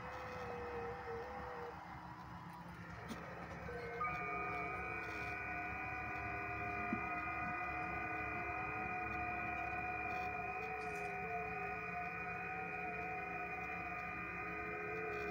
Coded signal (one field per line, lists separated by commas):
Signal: FT8